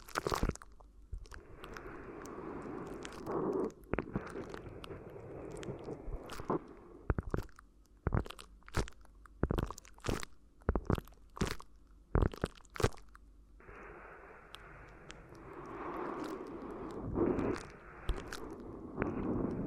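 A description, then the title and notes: Crinkly rubbing and crumpling runs through most of the clip, a dense, steady rustle that fades in the middle and returns from about 13.5 seconds. Sharp crackling snaps cut through it, coming in a quick irregular series between roughly 7 and 13 seconds. ASMR Addictive Crinkly Ear Massage (No Talking).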